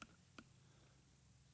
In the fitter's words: Don't force it, but you might have to put a little bit of pressure, and it should click.